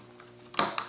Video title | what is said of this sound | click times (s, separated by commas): OnePlus One Microphone Replacement How To Change | this pretty much snaps right into place it can only go one spot | 0.6 s